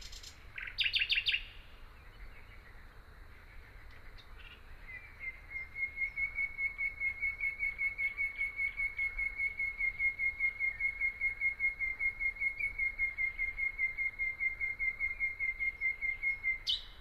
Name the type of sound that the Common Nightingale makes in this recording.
song